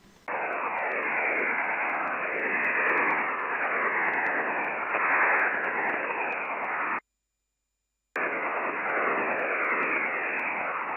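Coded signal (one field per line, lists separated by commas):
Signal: HF data modem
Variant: STANAG 4285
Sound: steady wide rushing hiss-like data signal with a one-second break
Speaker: The next two examples will show the performance of the Stark 4285 decoder with two stations, one from Rionong and one from New Calonia. The recordings are in real time.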